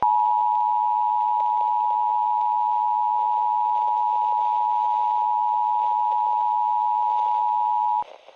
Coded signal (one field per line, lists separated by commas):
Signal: Emergency Alert System (SAME) tones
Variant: 853 and 960 Hz attention tone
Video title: [SUPER RARE!] CIVIL EMERGENCY MESSAGE FOR SOUTH CAROLINA! (EAS ALERT 76)